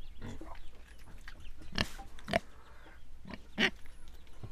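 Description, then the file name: Pig grunts in a few short bursts separated by pauses, over a low background rumble. Pigs recorded in Viñales. "pigs in Vinales"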